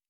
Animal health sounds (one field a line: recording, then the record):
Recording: hydrophone in a shrimp aquaculture tank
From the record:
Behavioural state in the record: normal